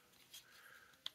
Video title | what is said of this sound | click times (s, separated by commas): My Small fixed blade collection.2024. | so you can turn it left or right and wherever you stop it it will lock | 1.1 s